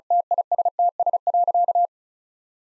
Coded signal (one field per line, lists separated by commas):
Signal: Morse code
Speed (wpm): 36 wpm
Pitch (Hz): 700 Hz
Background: none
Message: TISTS.